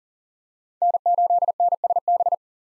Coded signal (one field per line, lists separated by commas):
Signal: Morse code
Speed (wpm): 40 wpm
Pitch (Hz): 700 Hz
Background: none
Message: N8NSB